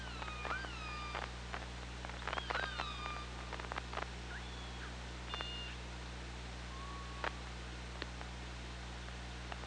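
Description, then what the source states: Killer whale vocalizing, downward-bending tonal calls in the first seconds, a later held tone, and many sharp clicks throughout over a droning background hum. OrcaLab hydrophone, 24 August 2017, 15:51.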